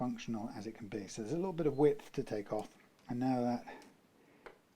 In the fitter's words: push that's clicked into place on that side but it's not clicking into place quite so beautifully on that side